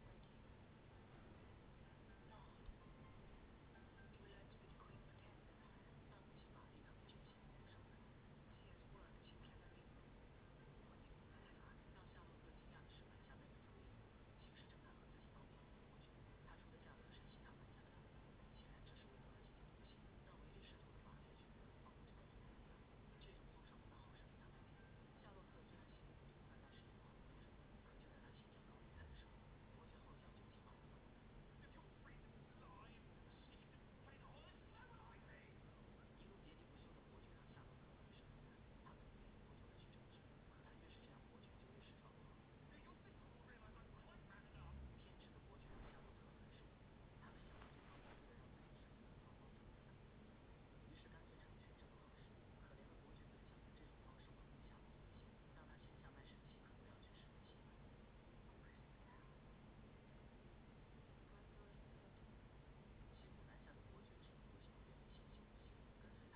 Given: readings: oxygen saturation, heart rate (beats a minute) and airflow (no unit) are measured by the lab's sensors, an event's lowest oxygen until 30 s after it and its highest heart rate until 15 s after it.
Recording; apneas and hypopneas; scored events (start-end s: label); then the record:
a person awake in a sleep study, by a voice recorder at the bedside; none
0.00-66.36 s: awake
0.00-66.36 s: awake
From the record:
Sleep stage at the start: awake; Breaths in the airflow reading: 18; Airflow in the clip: -0.7 to 0.7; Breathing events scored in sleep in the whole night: 496 in 5.4 hours asleep